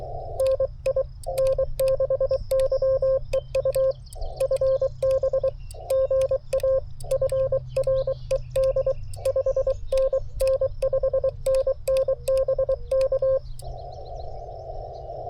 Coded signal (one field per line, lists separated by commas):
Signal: Morse code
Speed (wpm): 23 wpm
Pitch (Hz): 530 Hz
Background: none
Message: NI N6YEU FB GA FRED 5NN5NNBK